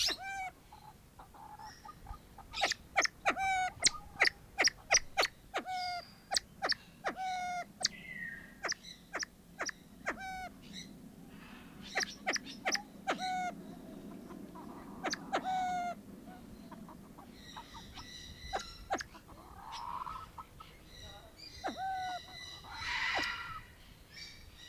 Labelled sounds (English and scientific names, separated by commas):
Siamese Fireback (Lophura diardi) call